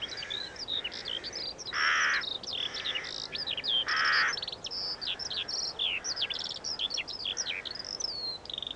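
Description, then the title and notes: Eurasian skylark song, high chirping and warbling phrases, with loud harsh rook caws breaking in twice. Singing while descending, late summer evening, Eggardon Hill hillfort, Dorset; rooks chattering. "Eggardon Hill, Dorset. A Skylark sings and descends. Recorded by Ezra Gray"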